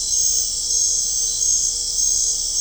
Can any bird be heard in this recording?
no